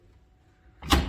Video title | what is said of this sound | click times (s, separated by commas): CLEARVIEW FITTING INSTRUCTIONS | slide locks into place that clears | 0.9 s